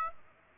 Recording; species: mosquito wingbeat signal from an infrared sensor; Aedes aegypti